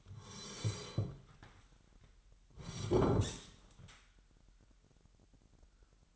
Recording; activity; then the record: daily activity, microphone in the room; sit down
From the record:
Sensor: 3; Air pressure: 998.4 hPa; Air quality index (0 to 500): 130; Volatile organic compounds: 4 ppm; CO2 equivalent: 1549 ppm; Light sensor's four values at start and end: 19/40/19/24 and 11/25/11/11